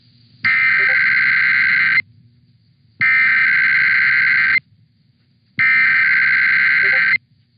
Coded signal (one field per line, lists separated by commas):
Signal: Emergency Alert System (SAME) tones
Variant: header bursts